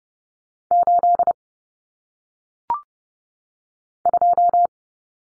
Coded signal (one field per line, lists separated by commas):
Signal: Morse code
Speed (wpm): 30 wpm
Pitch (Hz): 700 Hz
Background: none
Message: 82